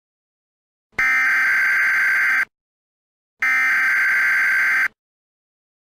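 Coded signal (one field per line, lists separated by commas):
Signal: Emergency Alert System (SAME) tones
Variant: header bursts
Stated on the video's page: South Korean emergency alert alarms.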